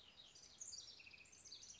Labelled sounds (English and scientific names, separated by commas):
House Wren (Troglodytes aedon)